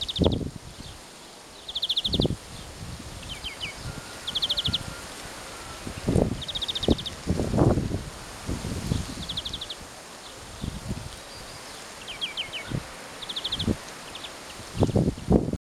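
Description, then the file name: European greenfinch giving short, fast trilled calls in scattered bursts, several throughout, over steady wind with heavy low gusts and rustling. "Chloris chloris"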